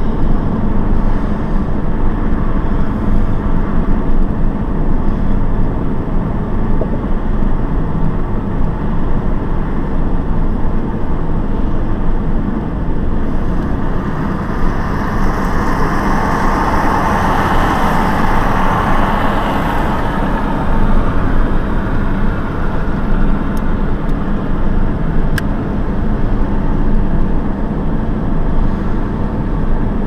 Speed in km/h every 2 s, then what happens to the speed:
81, 80, 77, 76, 76, 75, 76, 76, 78, 78, 79, 80, 81, 81, 82.
0-30 steady at about 78.